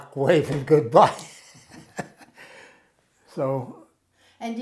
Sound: chuckles

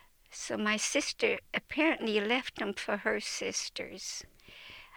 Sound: none

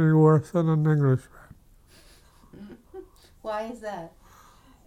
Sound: laughs

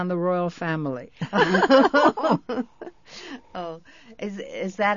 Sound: she laughs

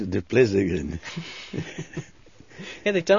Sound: they laugh

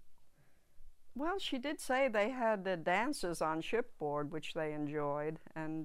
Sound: none

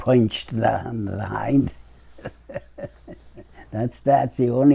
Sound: laughs

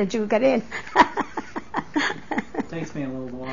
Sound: she laughs

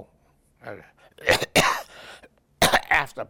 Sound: coughs

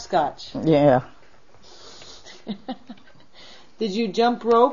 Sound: laughing

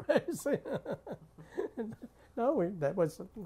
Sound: he laughs

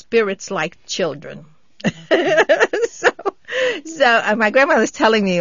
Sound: she laughs

